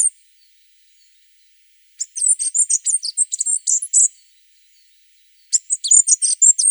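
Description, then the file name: Dark-sided flycatcher song, a thin, very high twittering phrase of quick squeaky notes lasting about two seconds, then silence, then another similar phrase. "Muholovka sibirskaja"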